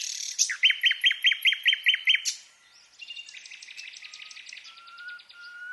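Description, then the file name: Common nightingale song: a run of about eight loud, downslurred whistled notes, then a quicker, softer trill of high notes and a thin steady whistle. "Luscinia megarhynchos"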